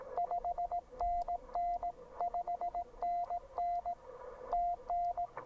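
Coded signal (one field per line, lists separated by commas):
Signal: Morse code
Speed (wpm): 18 wpm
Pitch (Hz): 700 Hz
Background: none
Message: 5NN 5NN TN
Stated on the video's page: CW from a QRP portable park activation (POTA) with a Penntek TR45L and a homebrew end-fed half-wave antenna.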